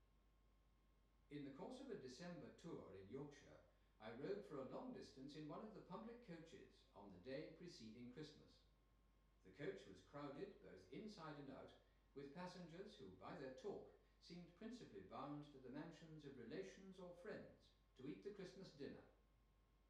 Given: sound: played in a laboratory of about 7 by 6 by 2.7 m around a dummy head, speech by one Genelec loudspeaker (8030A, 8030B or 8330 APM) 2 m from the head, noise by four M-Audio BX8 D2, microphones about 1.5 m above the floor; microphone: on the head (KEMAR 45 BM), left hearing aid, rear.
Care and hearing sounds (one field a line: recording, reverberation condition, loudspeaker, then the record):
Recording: male speech in English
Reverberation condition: medium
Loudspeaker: 120 degrees to the right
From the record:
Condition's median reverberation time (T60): about 510 ms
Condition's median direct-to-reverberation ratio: about -0.5 dB